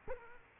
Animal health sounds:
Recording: mosquito wingbeat signal from an infrared sensor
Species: Culex quinquefasciatus

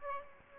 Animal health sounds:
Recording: mosquito wingbeat signal from an infrared sensor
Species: Aedes aegypti

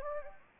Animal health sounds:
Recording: mosquito wingbeat signal from an infrared sensor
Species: Anopheles gambiae

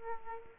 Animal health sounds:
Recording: mosquito wingbeat signal from an infrared sensor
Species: Aedes aegypti

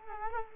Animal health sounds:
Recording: mosquito wingbeat signal from an infrared sensor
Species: Culex quinquefasciatus

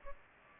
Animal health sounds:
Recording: mosquito wingbeat signal from an infrared sensor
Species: Culex pipiens

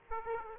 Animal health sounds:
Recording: mosquito wingbeat signal from an infrared sensor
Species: Aedes aegypti

